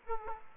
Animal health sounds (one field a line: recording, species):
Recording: mosquito wingbeat signal from an infrared sensor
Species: Aedes aegypti